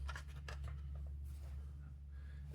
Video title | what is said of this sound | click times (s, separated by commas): What's on the bench | It's not seated properly, but it's fine. | 0.5 s